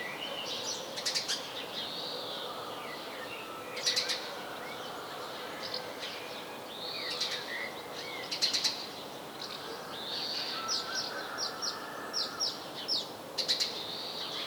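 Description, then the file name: House sparrow chirps, short harsh bursts at scattered intervals, with arched whistled notes and a steady background hiss. "Passer domesticus"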